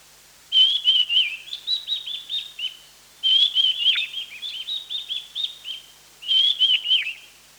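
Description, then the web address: Mountain wren-babbler giving three runs of quick, high whistled and chattering notes, with only short pauses between them. Recorded on 1 March 2008. "KNPHQ. mountain wren-babbler"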